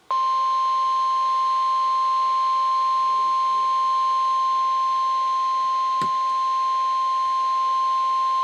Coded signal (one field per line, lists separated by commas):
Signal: Emergency Alert System (SAME) tones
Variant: 1050 Hz attention tone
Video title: WXL52 Weekly Test (11/17/21)(EAS 985)